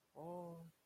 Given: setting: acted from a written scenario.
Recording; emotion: vocal sound without words; confusion